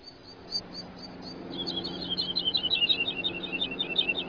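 Woodlark singing, a few scattered notes at first, then a fast, dense run of repeated fluty notes that carries on to the end, with a low rumble beneath.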